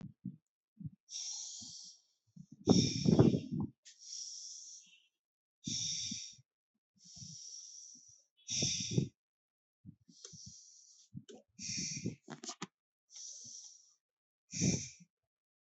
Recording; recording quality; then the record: deep breathing; excellent, no background noise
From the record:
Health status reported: COVID-19 positive, mild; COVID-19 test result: positive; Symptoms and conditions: cold, fever, fatigue, muscle pain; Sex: female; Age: 22 years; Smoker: not ticked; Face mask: not worn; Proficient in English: yes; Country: India